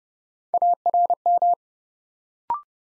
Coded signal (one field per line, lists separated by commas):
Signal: Morse code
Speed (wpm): 32 wpm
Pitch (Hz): 700 Hz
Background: none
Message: ARM